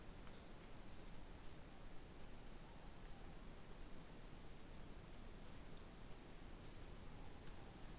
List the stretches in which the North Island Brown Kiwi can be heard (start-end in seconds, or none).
none